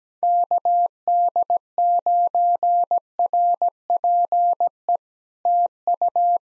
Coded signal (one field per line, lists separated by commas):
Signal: Morse code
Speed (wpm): 17 wpm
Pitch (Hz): 700 Hz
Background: none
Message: KD9RPE TU